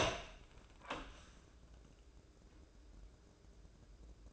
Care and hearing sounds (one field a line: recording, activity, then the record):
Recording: daily activity, microphone in the room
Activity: open door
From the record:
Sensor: 2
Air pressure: 1012.2 hPa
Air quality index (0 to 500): 163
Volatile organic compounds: 2 ppm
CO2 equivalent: 1189 ppm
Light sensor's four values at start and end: 409/1021/416/437 and 404/1009/411/431